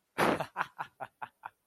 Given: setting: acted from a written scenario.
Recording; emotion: vocal sound without words; amusement